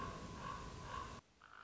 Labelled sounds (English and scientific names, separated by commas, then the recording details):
Common Raven (Corvus corax)
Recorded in Sonoma County, California